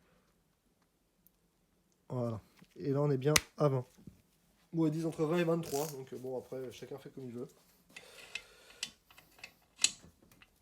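Someone talks while cylinder head bolts on a 2CV engine are tightened with a torque wrench set to about 20 Nm. After the talking, a run of short ratcheting ticks follows from about 8.0 s. The wrench gives a louder click at its setting at 9.8 s.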